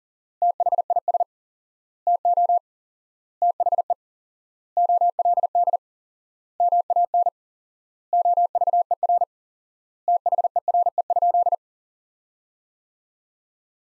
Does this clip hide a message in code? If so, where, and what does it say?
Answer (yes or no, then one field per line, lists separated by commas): yes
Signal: Morse code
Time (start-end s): 0.4-11.6 s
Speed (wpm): 37 wpm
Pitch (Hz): 700 Hz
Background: none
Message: THIS TO THE OLD MAN OVER THERE?